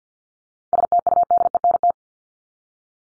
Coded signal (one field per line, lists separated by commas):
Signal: Morse code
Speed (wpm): 50 wpm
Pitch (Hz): 700 Hz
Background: none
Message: STUDENT